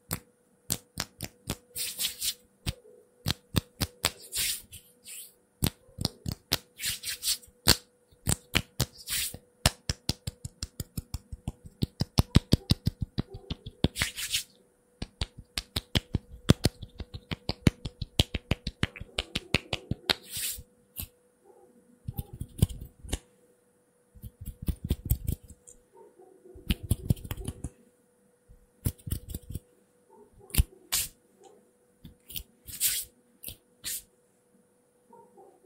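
Quick, unpredictable hand sounds: sharp taps, slaps and rubs that come in irregular bursts, thickening into rapid flurries around the middle and again near 25 seconds before thinning out. A faint steady hum sits underneath throughout.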